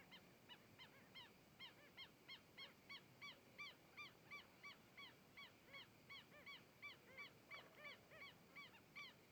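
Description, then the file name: Heron calls, a steady stream of short arched croaks from several birds, fairly even in rhythm, over a soft background hiss. Several herons recorded approaching, passing in front of the microphone and moving away. "Garcas se aproximando, passando em frente ao microfone e saindo"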